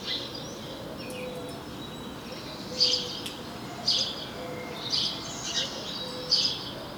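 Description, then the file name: House sparrow chirping, several brief sharp notes at uneven intervals over background noise. "Passer domesticus"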